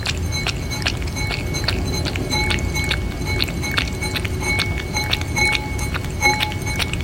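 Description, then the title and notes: Cat lapping water: quick wet clicks tapping steadily, each with a faint metallic ring, over a low steady hum. Brown tabby pet cat, an older male sibling, drinking water vigorously because thirsty, during everyday life. "みやちゃんです♪ 喉が渇いたみたいで、お兄ちゃんが勢いよく水を飲んでいた"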